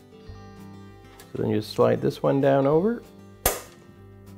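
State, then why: Seated. Someone talks while a metal retaining clamp is slid down over the end of a dryer motor and pressed onto the motor cradle. One sharp snap rings out at 3.5 s as the clamp locks in, leaving it seated on the cradle.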